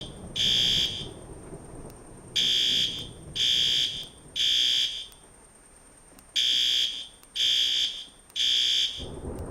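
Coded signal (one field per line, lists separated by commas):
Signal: alarm pattern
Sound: harsh buzzing horn blasts: three half-second blasts, a pause, three more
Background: noisy indoor ambience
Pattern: temporal three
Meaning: The temporal-three pattern signals building evacuation because of fire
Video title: Seyper Mall Fire Alarm Testing | Sneak Peak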